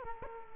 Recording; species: mosquito wingbeat signal from an infrared sensor; Culex quinquefasciatus